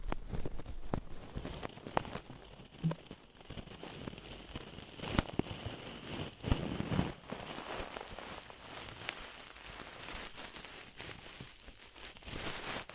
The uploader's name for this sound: DEEP Ear Penetrating Cleaning